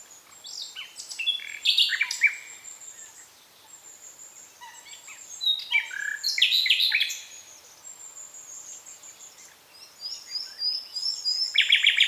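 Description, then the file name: Common nightingale delivering varied phrases of sharp repeated notes and rattles, separated by pauses. "Luscinia megarhynchos"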